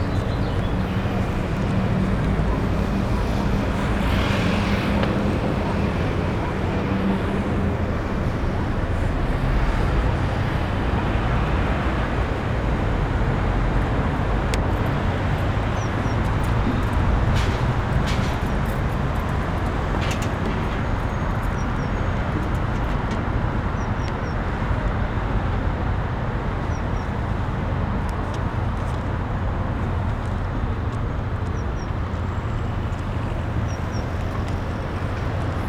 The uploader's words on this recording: Rooftop, London. Là, sous un ciel qui se gratte, dans un jardin suspendu, on passe à l'heure du thé. Between 12 towers, dizzying stopover in Shoreditch, London.